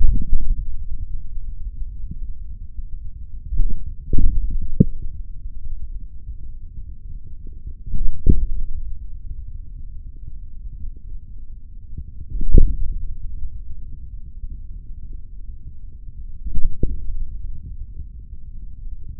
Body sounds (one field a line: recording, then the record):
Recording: forearm muscle sounds (acoustic myography)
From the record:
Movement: hand opening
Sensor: system 3, bracelet of six PUI Audio POM-2738L microphones around the upper forearm, with dedicated amplification and filtering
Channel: 5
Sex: male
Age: 26 years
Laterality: right